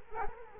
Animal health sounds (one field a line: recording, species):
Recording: mosquito wingbeat signal from an infrared sensor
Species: Culex quinquefasciatus